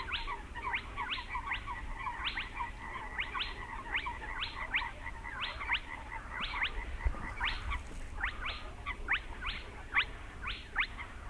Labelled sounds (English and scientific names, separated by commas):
Spotted Crake (Porzana porzana)